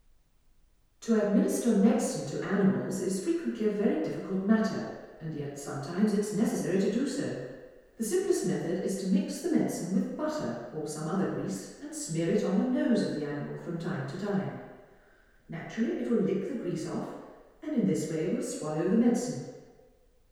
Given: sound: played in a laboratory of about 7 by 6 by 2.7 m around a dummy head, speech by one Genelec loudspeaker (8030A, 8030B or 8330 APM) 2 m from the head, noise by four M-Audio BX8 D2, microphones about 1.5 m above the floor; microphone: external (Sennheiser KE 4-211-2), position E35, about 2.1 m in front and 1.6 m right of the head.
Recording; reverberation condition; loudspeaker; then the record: female speech in English; high; 90 degrees to the left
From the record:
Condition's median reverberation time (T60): about 1300 ms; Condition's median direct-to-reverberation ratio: about -4.0 dB